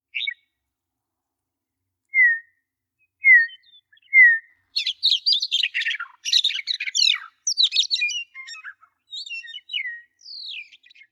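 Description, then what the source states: Meadowlark calling: a few short, slurred chirps spaced about a second apart, then a rapid, jumbled chortle of tumbling notes, followed by scattered chirps. Prairie.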